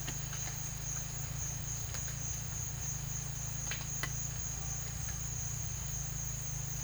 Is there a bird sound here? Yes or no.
no